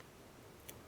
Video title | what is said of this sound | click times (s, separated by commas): Which LEATHERMAN would YOU choose? Charge or Wave or Surge, why not Wingman? | a small non-locking blade so even though it's clicking | 0.7 s